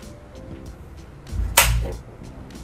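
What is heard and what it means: With an HP Notebook 15-bs076nr laptop opened, a plastic case clip on the bottom cover is pressed from the keyboard side back into the laptop chassis. A low rumble builds from about 1.3 s, then a sharp, bright snap rings out at 1.6 s as the clip seats, fading quickly into quiet. The clip snaps back into place and is good.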